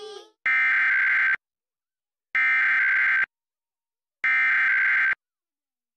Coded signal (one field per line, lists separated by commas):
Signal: Emergency Alert System (SAME) tones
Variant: header bursts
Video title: EAS During Sesame Street (1-17-23 WNJT-DT1)